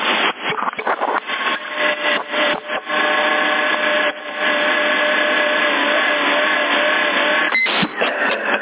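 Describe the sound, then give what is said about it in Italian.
A dirty cooling fan in a switching power supply runs with a steady, loud rattling whir and a few humming tones. Every so often it starts up suddenly and begins making noise. The noise stutters briefly near the start and again near the end. “ogni tanto parte di botto, comincia a fare rumore. Mia, la senti?”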